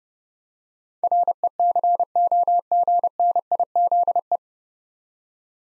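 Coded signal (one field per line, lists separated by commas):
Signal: Morse code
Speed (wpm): 30 wpm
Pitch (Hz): 700 Hz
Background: none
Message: RECOGNIZE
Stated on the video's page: Morse drill of nine-letter words at 30 wpm, each sent, spoken, then sent again for head-copy practice.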